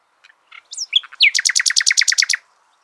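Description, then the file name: Common nightingale singing: a few soft introductory notes and a rising whistle lead into a rapid, evenly spaced run of about a dozen loud chattering notes. "Luscinia megarhynchos"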